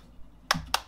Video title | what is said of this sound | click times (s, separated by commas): Zoom H6 Handy Recorder Unboxing & Quick Sound Test - I Am Awful At Unboxing | go it clicks into place perfect | 0.5 s, 0.7 s